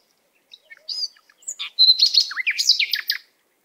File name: Canary Voice